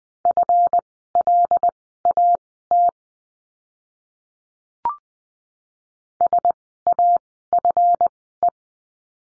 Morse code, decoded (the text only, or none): FLAT SAFE